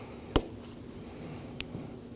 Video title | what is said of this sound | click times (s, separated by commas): How to Replace Front Exterior Door Handles 2018-2024 Chevrolet Equinox | You'll hear that click and remove them. | 0.4 s